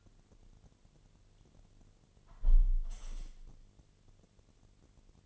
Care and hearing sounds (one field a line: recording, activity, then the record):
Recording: daily activity, microphone in the room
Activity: close window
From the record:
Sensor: 4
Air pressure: 1007.2 hPa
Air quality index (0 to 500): 182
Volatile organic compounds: 5 ppm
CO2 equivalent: 1809 ppm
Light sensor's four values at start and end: 23/73/28/27 and 23/73/28/27